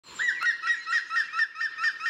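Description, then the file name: Woodpecker calling a fast, steady series of clear whistled notes, all at an even pitch, with one sharp click near the start. "Specht"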